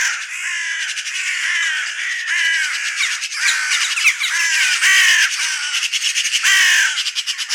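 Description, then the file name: Eurasian magpie calls in a continuous stream of grating, downslurred notes with rattling chatter mixed in, loud throughout and with no pauses. "Pica pica"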